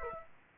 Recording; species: mosquito wingbeat signal from an infrared sensor; Aedes aegypti